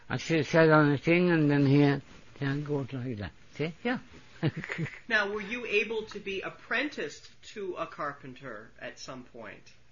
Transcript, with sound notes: I sit, sat on a thing and then here, yeah, and it goes like that, see?. Yeah. (Chuckles)
Now were you able to be apprenticed to a carpenter at some point?